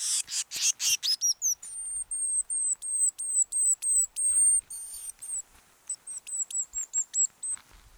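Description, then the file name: Eurasian blue tit starting with several harsh rasping notes, then a long run of thin, very high, short notes repeated about two to three times a second. "Cyanistes caeruleus"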